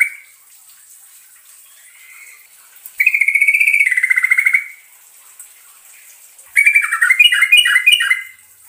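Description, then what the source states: Bulbul song: a sustained buzzy rolling trill about one and a half seconds long, a pause, then a fast bubbly phrase of descending notes; constant high hiss. Trucukan song in the ropelan style, with a long roll (ngerol panjang).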